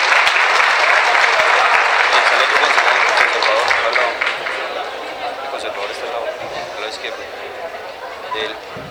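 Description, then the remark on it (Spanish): Audience applause in Nemocón welcoming city councillor Arcadio Capaján, a dense crackle of many hands clapping loudly at first, then thinning and fading over the last few seconds with scattered claps remaining. “Un aplauso para el concejal Arcadio.”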